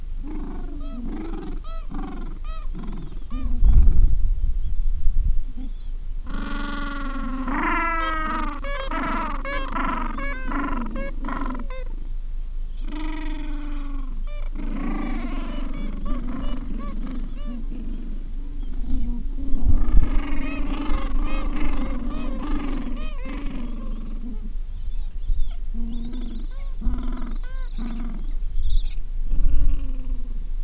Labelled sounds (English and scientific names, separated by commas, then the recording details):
Gentoo Penguin (Pygoscelis papua)
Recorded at the colony at Ocean Harbour, on 7 January 2016
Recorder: Song Meter SM2+